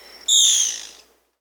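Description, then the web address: Black-spotted bare-eye giving a single high whistled call that starts abruptly and glides downward before fading within about a second. Recorded in Peru. "Birds of the Amazon 2. Black-spotted Bare-eye (Phlegopsis nigromaculata), Peru"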